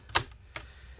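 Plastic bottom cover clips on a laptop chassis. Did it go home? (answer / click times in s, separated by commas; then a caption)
released / 0.2 s, 0.6 s. The plastic bottom cover's retaining clips on an MSI Katana GF76 laptop chassis are unsnapped along the last edge with fingernails or a pry tool. Sharp clicks are heard at 0.2 s and 0.6 s as the clips pop free and the cover is released from the chassis.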